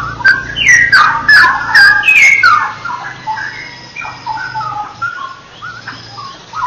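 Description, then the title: Oriental magpie-robin song: bright whistled slurs and trills, strongest early, growing softer, with a constant low hum underneath. "Kicau Kacer"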